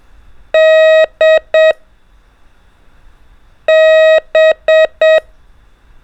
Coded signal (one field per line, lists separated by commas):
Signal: Morse code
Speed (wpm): 7 wpm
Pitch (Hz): 630 Hz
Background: none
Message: D B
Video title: Ham Radio: Morse Code Trainer/Practice Mode By Groupings - Letters Only